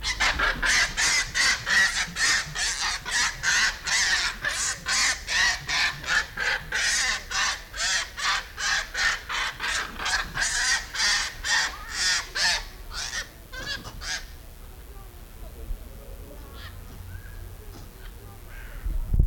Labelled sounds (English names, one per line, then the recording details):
Japanese Macaque call
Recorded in captivity
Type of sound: call, call sequence
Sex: female
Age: adult
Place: Zoo Berlin, Berlin, DE
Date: 1994-08-06 10:24
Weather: wolkig bis heiter, 20-27°C
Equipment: Marantz CP 430, Sennheiser ME 80, Kopie Uher Variocord 263
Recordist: Tembrock, Günter
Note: Weibchen mit Jungem am Bauch, Laute gegen Männchen, das vorbei läuft (ca. 1 m Abstand)